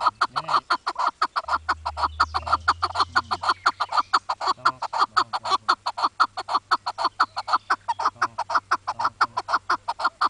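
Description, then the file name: Partridge giving a sustained, evenly paced series of rasping clucks alongside a low steady hum. "Keklik-ötüşü"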